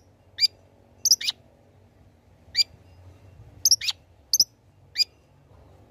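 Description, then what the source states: Long-tailed shrike calling with scattered sharp, high chirps, some paired into quick double notes, over a low background hum. Lively, actively singing (gacor) bird, recording suited for use as a tutor (masteran) for training other birds.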